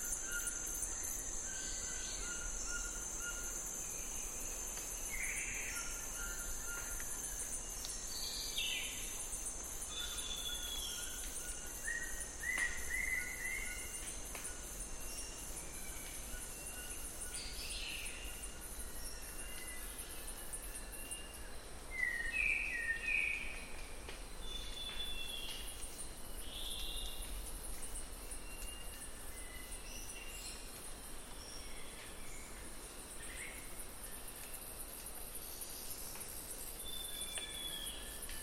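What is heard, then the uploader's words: Rainforest ambience with a steady, high insect drone and cricket trill running the whole time. Scattered bird calls, short chirps and whistles, pop up every few seconds, with one slightly louder call around 22 seconds over a low, constant rumble. The final half of the episode comprises of rainforest ambience to serve as a tribute to the lungs of our planet.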